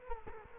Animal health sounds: mosquito wingbeat signal from an infrared sensor; Culex quinquefasciatus

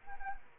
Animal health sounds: mosquito wingbeat signal from an infrared sensor; Anopheles arabiensis

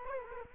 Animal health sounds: mosquito wingbeat signal from an infrared sensor; Culex quinquefasciatus

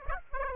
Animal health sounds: mosquito wingbeat signal from an infrared sensor; Aedes aegypti

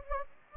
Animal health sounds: mosquito wingbeat signal from an infrared sensor; Anopheles gambiae

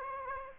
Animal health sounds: mosquito wingbeat signal from an infrared sensor; Aedes aegypti

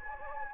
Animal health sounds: mosquito wingbeat signal from an infrared sensor; Anopheles gambiae

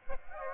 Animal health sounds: mosquito wingbeat signal from an infrared sensor; Aedes aegypti

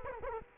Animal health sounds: mosquito wingbeat signal from an infrared sensor; Culex quinquefasciatus

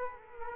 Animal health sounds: mosquito wingbeat signal from an infrared sensor; Culex quinquefasciatus

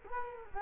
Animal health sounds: mosquito wingbeat signal from an infrared sensor; Culex quinquefasciatus

